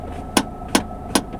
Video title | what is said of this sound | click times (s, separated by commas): Do I sell the MG TF 115? | it's three clicks and then I can't pull it up anymore. It's it's perfect. | 0.4 s, 0.8 s, 1.2 s